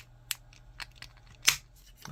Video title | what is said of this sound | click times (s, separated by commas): Concept Model TFA Ravage Assembly Video | That should just snap into place. | 0.3 s